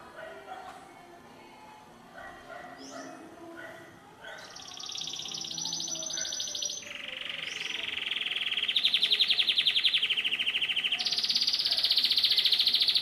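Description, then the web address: Canary song, starting with soft scattered chirps, then long rapid buzzy trills that step between pitches, growing louder toward the end. "Golchin Best Canari Seda Canari. Niyaz Music)"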